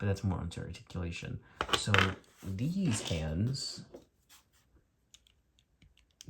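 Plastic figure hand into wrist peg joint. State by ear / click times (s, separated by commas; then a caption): seated / 6.2 s. Someone talks, then a swappable plastic hand is pushed onto the wrist peg of an S.H. Figuarts Super Mario action figure, with faint handling ticks. A sharp click at 6.2 s marks the hand seating onto the peg.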